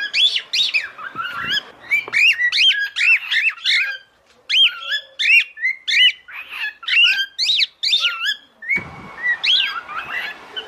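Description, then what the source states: Cockatiel song of fast, repeated whistled arches and chirps, dense at first, pausing briefly around four seconds, then resuming, with a harsher squawk-like burst near the end. Several cockatiels (plural) singing a whistle.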